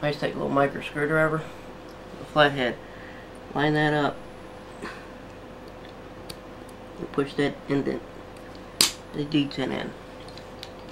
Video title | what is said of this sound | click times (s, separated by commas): Disassembly and reassembly 1 | okay it'll snap right into place | 8.8 s